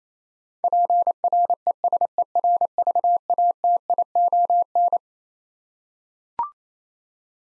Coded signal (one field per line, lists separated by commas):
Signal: Morse code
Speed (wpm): 28 wpm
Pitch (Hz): 700 Hz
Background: none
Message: PRESERVATION